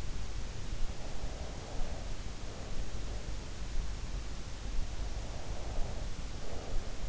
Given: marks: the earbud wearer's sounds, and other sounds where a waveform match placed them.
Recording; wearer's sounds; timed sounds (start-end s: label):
sounds in sleep by an in-ear microphone; breath
0.93-2.32 s: breath
5.19-7.01 s: breath